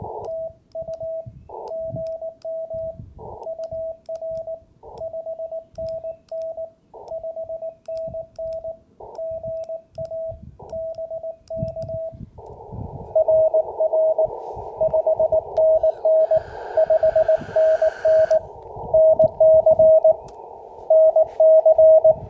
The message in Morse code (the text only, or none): TU GM UR 5NN 5NN GA BK RR 5NN 5NN NC NC